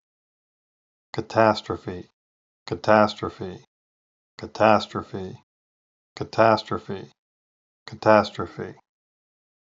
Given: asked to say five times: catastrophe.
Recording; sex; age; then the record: repeated word; male; 50 to 59 years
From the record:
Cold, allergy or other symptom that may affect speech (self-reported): no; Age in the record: 53 years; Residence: Pennsylvania, United States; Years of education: 14